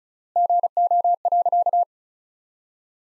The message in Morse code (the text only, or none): GO.